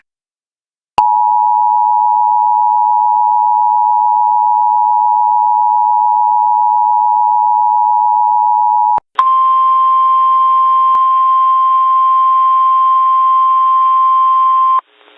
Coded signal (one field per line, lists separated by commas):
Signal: Emergency Alert System (SAME) tones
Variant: 853 and 960 Hz attention tone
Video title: US Emergency Alert Systems 2026 (part 6)